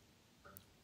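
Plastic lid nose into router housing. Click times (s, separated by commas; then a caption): 0.6 s. The plastic lid of a FRITZ!Box 7530/5530 router housing is put back on during a retrofit with FriXtender X3si external WLAN antennas, and its front nose is pushed into the housing until it latches. A short, sharp click is heard at 0.6 s as the nose snaps properly into place, seating the lid.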